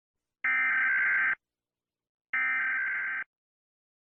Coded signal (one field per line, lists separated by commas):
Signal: Emergency Alert System (SAME) tones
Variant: header bursts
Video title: EAS Scenario - "Earthquake: Get Out" | Emergency Alert System